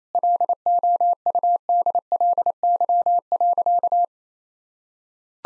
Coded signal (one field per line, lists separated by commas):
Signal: Morse code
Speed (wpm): 28 wpm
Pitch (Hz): 700 Hz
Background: none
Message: LOUDLY.